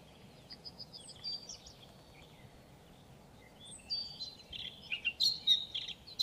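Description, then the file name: Eurasian blackcap warbling quietly with soft high twitters, building near the end into a louder burst of sharp, varied notes over steady low background noise. "Sylvia atricapilla"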